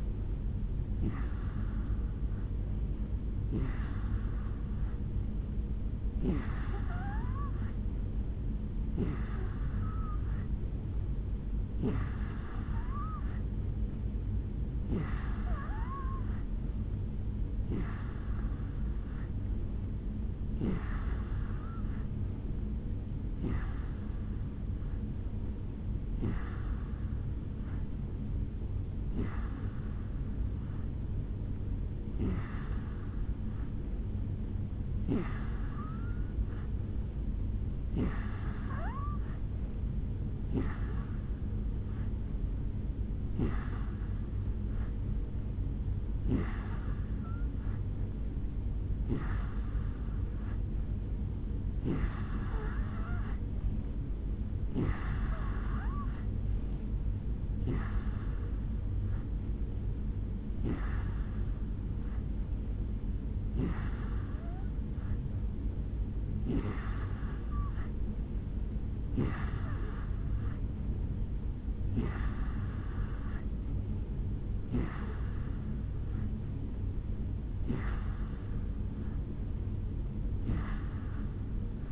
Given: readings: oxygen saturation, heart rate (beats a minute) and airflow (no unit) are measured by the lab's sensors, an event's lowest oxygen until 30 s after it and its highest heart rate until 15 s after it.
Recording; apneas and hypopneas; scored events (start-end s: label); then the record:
breathing in sleep by a smartphone at the bedside; none
22.00-81.92 s: new sleep stage, N2 (light sleep)
From the record:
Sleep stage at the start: N3 (deep sleep); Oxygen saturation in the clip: 86 to 88%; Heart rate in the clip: 71 to 74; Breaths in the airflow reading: 28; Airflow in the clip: -4.0 to 2.5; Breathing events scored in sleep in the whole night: 449 in 7.0 hours asleep